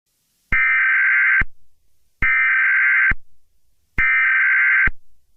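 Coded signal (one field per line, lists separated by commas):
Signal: Emergency Alert System (SAME) tones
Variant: header bursts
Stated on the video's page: Fictional EAS scenario about summer heat, containing both valid and invalid EAS tones.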